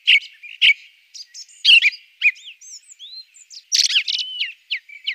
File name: beflijster ring ouzel